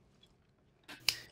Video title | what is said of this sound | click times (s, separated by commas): Dell PowerEdge R720 Server Memory Overview & Upgrade - How to Install Memory - Supported DIMMs | and those two clicks they essentially let you know that you have a fully inserted the module | 0.2 s, 1.1 s